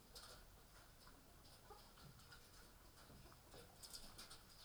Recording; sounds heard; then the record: poultry house recording; healthy chickens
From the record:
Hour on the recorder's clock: 18